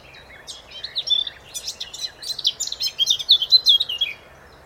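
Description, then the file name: Eurasian blackcap song, starting with scattered chirps and building into a louder, rapid warble of sweeping high notes near the end. "Sylvia atricapilla"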